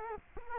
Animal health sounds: mosquito wingbeat signal from an infrared sensor; Culex quinquefasciatus

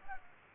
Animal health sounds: mosquito wingbeat signal from an infrared sensor; Culex pipiens

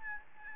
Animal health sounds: mosquito wingbeat signal from an infrared sensor; Aedes albopictus

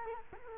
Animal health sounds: mosquito wingbeat signal from an infrared sensor; Culex quinquefasciatus

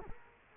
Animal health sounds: mosquito wingbeat signal from an infrared sensor; Culex quinquefasciatus

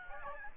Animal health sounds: mosquito wingbeat signal from an infrared sensor; Aedes aegypti

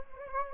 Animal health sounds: mosquito wingbeat signal from an infrared sensor; Anopheles gambiae

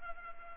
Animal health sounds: mosquito wingbeat signal from an infrared sensor; Culex pipiens

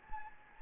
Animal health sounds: mosquito wingbeat signal from an infrared sensor; Anopheles gambiae

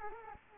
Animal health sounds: mosquito wingbeat signal from an infrared sensor; Culex quinquefasciatus

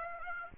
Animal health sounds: mosquito wingbeat signal from an infrared sensor; Aedes aegypti

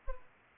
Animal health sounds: mosquito wingbeat signal from an infrared sensor; Culex pipiens

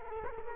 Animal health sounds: mosquito wingbeat signal from an infrared sensor; Culex quinquefasciatus

